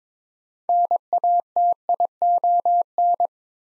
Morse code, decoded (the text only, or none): NATION